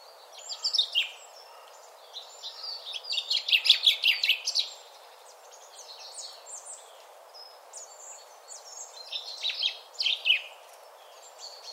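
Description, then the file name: Common chaffinch song: several quick bursts of bright chirping notes, loudest around four seconds. "Fringilla coelebs"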